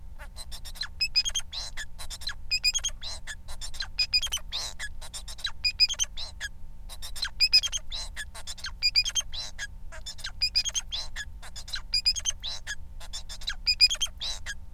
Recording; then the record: song of a male Bengalese finch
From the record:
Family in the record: son of father 4